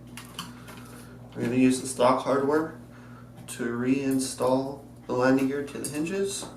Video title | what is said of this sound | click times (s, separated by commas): Phantom 3 Retractable Landing Gear Installation Instruction | straight for you just going want to give it a nice firm press and make sure it snaps in place | 0.2 s, 0.4 s